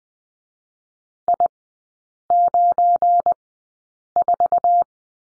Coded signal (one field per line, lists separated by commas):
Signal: Morse code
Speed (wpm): 20 wpm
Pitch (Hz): 700 Hz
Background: none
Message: I94